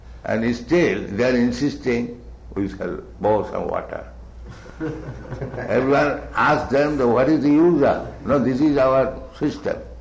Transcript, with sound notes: And still they're insisting, "We shall pour some water." [laughter] Everyone asked them that "What is the use of?" "No, this is our system."